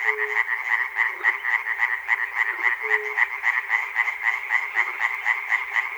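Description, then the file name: Many frogs croaking together in a fast, even pulse, the chorus unbroken throughout, with short low humming notes at intervals. Frogs recorded at Chernobyl. "peter cusack-chernobyl frogs"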